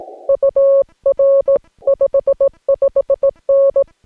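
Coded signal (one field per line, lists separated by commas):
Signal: Morse code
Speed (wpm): 17 wpm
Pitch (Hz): 550 Hz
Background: none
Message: UR 55N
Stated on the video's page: POTA CW activation from Pinnacles National Park: Yaesu FT-891, 50 watts, US Morse straight key, 17-ft whip on tripod, battery power.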